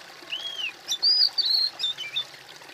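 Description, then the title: Bird song: a clear arched whistle, then a run of high, sliding whistled notes and brief twitters, about two seconds long, over faint background hiss. "kOMPILASI suara bird"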